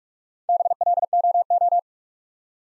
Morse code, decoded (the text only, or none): BLOO